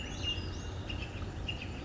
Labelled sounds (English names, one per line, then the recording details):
Western Flycatcher
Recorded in Sonoma County, California